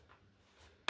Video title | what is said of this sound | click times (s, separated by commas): Week in my life as a unemployed 20 yr old guy | and it just clicks into place | 0.9 s